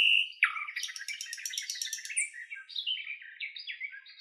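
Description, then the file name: Nightingale song: a pure whistled note, then rapid repeated buzzy trills and varied chirped phrases shifting in pitch. "solovey long"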